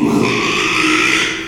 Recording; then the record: squeal of a Yucatan mini pig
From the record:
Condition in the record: after surgery on the right vocal fold (resection and tissue-engineered implant); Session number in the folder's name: 1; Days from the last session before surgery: 6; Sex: male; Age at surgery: 12 weeks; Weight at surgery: 13 kg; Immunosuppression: cyclosporine, prednisolone